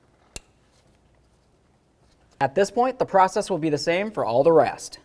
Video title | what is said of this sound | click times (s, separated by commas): How to Replace Spark Plugs 2006-12 Ford Fusion | Reconnect in your wiring, listen for a click, give it a tug. | 0.4 s